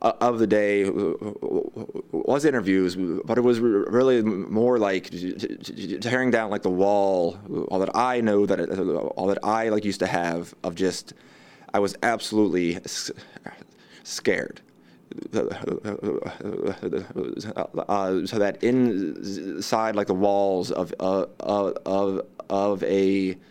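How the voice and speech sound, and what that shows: An adult man with an intense stutter talks about his fears, with stretched sounds, a prolonged "s" before "scared", silent blocks including one pause of about three seconds, and repeated "uh… of… of" at the end. These are stuttering disfluencies: prolongations, blocks and part-word repetitions.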